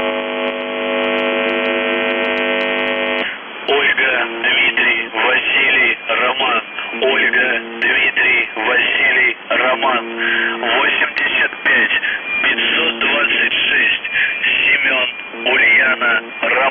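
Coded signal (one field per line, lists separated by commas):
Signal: numbers station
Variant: UVB-76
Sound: brief steady droning buzz, then a voice speaking words over a narrow radio channel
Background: radio static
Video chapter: 00:57 1229z Voice Message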